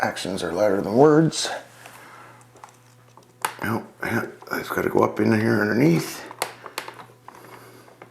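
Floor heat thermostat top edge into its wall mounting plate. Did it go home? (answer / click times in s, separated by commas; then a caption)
no / none. Someone talks while handling a floor heat thermostat, working its top edge up underneath its plastic wall mounting plate. Short, sharp taps and knocks from the handling break through between the speech. Nothing has seated or clicked in yet.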